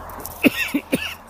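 An adult man, walking outdoors to a park, gives three quick, dry, harsh bursts in about half a second, mixing a short cough with throat clearing from a dry throat. A faint low hum runs underneath. It sounds like an ordinary dry-throat cough, with no wheeze or rattle.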